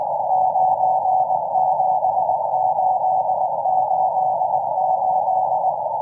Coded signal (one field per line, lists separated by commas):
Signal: Morse code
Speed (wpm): 20 wpm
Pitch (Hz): 750 Hz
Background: none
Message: 97888